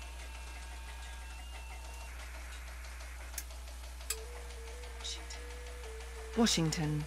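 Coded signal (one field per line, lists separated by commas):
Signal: FT8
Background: speech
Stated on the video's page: FT8 QSO on 20m at 5 watts from Washington to Arizona, using an FT897 with a SignaLink.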